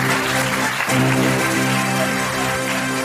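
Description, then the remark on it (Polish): A crowd applauds steadily, a dense wash of many hands clapping at once that stays loud and even for the whole stretch, with no voices rising above it, at the 2017 Talenty Trójki award ceremony of Polish Radio Trójka as the visual arts prize is announced. “Brawo, brawo.”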